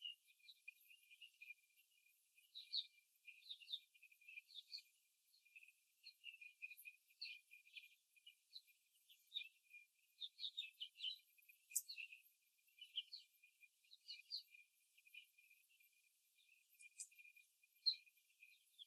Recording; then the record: young laying hens in a cage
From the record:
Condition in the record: before the stressor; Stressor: simulated dog barking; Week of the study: 3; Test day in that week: 2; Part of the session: 4